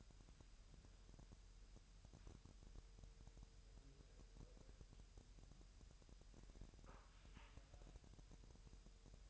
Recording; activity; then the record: daily activity, microphone in the room; wipe stove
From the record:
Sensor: 2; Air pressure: 1000.8 hPa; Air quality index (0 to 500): 248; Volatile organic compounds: 98 ppm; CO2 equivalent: 3741 ppm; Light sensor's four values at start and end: 9/23/9/9 and 9/23/9/9